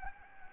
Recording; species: mosquito wingbeat signal from an infrared sensor; Anopheles gambiae